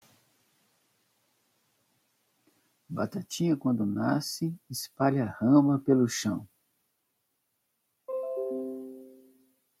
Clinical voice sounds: short text; Brazilian Portuguese; male; 60 to 69 years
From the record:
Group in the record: control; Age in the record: 66 years

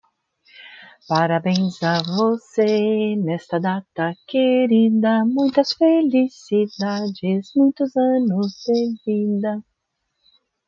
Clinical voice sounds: short text; Brazilian Portuguese; female; 50 to 59 years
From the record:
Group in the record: control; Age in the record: 58 years

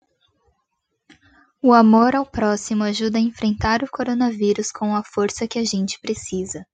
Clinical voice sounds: spoken sentence; Brazilian Portuguese; female; 20 to 29 years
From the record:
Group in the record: control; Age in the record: 21 years

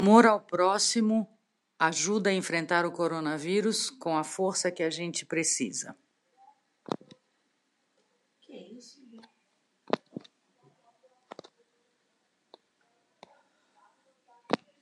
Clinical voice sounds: spoken sentence; Brazilian Portuguese; female; 60 to 69 years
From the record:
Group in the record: control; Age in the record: 61 years

